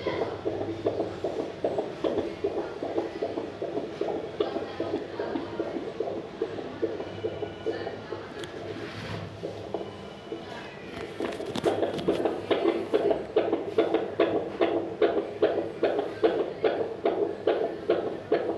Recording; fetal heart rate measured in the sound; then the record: fetal heartbeat by stethoscope microphone, probably a fetal Doppler's sound; 146 bpm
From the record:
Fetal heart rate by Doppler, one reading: 140 bpm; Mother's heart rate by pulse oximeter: 105 bpm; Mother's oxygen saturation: 100%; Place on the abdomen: bottom middle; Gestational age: 37+ weeks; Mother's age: 24 years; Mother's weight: 65 kg